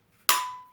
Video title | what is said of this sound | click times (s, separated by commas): How to install SKS Extended Magazine Release | It'll click into place. | 0.3 s